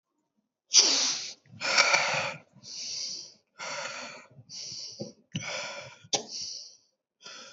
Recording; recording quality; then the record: deep breathing; excellent, no background noise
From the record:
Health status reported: COVID-19 positive, mild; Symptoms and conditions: cough, cold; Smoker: not ticked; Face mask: not worn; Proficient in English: yes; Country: India